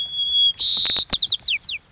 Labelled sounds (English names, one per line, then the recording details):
White-crowned Sparrow
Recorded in Sonoma County, California